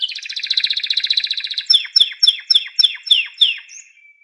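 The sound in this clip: Canary song: a fast buzzy trill of rapid notes, then a series of loud down-sweeping whistled notes, ending in a faint thin tone.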